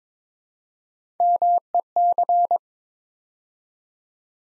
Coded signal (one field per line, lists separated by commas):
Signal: Morse code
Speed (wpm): 22 wpm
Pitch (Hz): 700 Hz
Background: none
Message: MEC